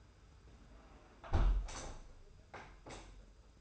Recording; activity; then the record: daily activity, microphone in the room; close window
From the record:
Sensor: 2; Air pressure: 991.2 hPa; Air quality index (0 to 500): 120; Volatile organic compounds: 86 ppm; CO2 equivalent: 3658 ppm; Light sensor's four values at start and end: 37/107/42/41 and 37/107/42/40